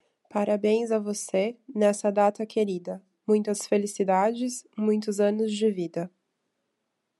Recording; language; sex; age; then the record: short text; Brazilian Portuguese; female; 30 to 39 years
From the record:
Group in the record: control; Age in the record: 33 years